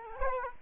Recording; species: mosquito wingbeat signal from an infrared sensor; Culex quinquefasciatus